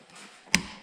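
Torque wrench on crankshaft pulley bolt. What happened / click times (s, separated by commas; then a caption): Torque wrench clicks at its set torque / 0.5 s. A torque wrench set to 116 ft-lb tightens the crankshaft main (pulley) bolt on a 1.6L/1.8L Miata engine during a Crankshaft Saver keyway repair. After a quiet stretch, one sharp, bright click sounds at 0.6 s, showing the wrench has reached its torque setting.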